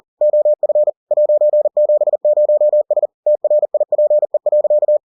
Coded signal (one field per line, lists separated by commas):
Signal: Morse code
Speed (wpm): 40 wpm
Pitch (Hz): 600 Hz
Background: none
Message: OF '70S TRIPE.